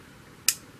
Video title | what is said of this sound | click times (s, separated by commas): TOOL CRAFT MERIT - ROYAL RANGERS - Blue Merit (Discovery Rangers) | and open until you hear the click when you hear the click that's the lock mechanism locking it in place | 0.5 s